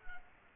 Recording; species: mosquito wingbeat signal from an infrared sensor; Culex quinquefasciatus